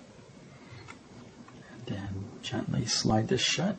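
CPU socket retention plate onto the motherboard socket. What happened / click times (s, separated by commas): A metal plate is lowered and positioned with only light contact noise, no seating click / none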